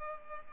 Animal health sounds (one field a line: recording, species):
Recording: mosquito wingbeat signal from an infrared sensor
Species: Culex pipiens